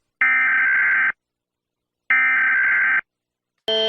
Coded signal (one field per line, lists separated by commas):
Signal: Emergency Alert System (SAME) tones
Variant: header bursts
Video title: rating eas alarms last one is SCARY 😨